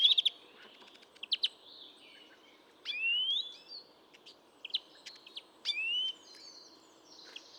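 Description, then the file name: European greenfinch with short twittering chirps and two long rising nasal wheezes, separated by quieter gaps. "Chloris chloris"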